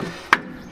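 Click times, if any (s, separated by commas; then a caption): 0.3 s. A rubber part lubricated with tire soap is pushed onto its mount on a 2020 Ford Expedition FX4, bottom set in first and then the top pressed in. A single sharp, loud click sounds at 0.3 s over a quiet background, as the part snaps into place and is seated.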